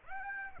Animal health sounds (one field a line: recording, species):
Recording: mosquito wingbeat signal from an infrared sensor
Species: Aedes aegypti